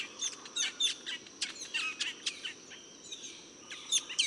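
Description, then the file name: Metallic starling chatter: sharp, high chirps in quick, uneven bursts, with a continuous faint high whine behind them. "Aplonis Metallica"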